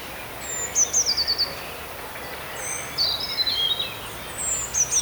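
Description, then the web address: Eurasian blue tit calling with high, thin descending trills, two quick bursts and a brief scratchy phrase in the middle, over steady background hiss. "modraszkoteka"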